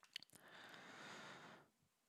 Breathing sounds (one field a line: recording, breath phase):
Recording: one breath near a microphone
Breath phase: inhalation